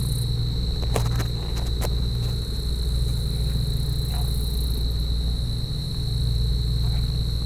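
Cicada gives a continuous piercing single-pitch drone without pause, while a deep rumble and occasional faint taps sit underneath.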